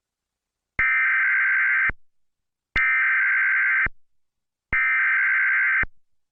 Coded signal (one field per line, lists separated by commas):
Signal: Emergency Alert System (SAME) tones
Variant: header bursts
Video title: EAS tornado warning interrupts The Amazing World of Gumball